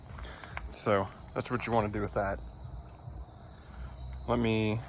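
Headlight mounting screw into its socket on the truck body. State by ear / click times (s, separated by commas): seated / 0.6 s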